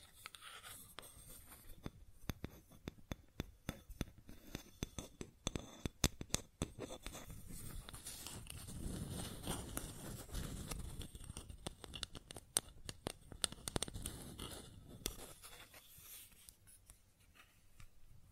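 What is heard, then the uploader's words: Sounds on a wooden surface: quick, irregular taps and scratchy scrapes, like something dragged or scribbled across wood. The clicks come thick from about two to fifteen seconds, with a low rubbing swell around nine to eleven seconds, then thin out and fade. ASMR Sounds on Wooden Surface (No Talking).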